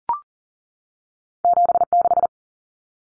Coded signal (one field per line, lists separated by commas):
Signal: Morse code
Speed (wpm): 40 wpm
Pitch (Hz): 700 Hz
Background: none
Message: 76